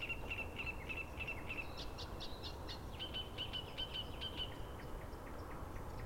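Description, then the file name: Great reed warbler song: a strophe of repeated, evenly spaced high notes, then harsher scratchy elements, then another run of repeated notes over a steady low background hiss. "Acrocephalus arundinaceus - Great Reed Warbler"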